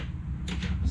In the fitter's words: Slide that in. Lock it.